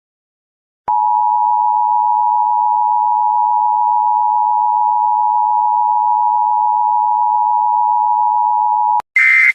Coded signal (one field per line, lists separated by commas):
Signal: Emergency Alert System (SAME) tones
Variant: 853 and 960 Hz attention tone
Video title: Emergency Alert System **For The Following Count National Weather Service Isued A Tornado Warning